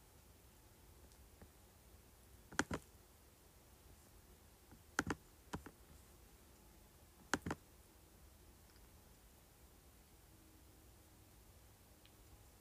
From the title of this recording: Clicking, Scrolling, and Typing on Keyboard